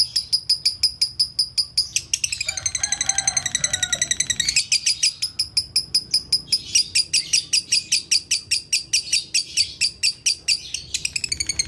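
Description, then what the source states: Lovebird song, a continuous fast series of shrill chirps with a lower, scratchy warbling passage early on, then relentless high chirping to the end. Konslet song style.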